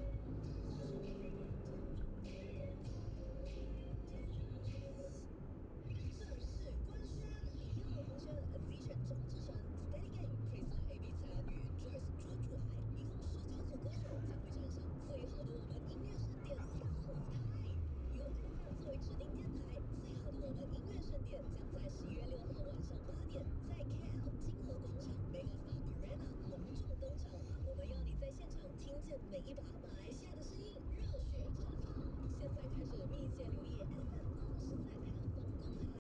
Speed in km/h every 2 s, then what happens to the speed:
78, 77, 77, 77, 76, 77, 77, 78, 78, 77, 77, 76, 76, 75, 75, 75, 75, 75.
0-36 steady at about 77.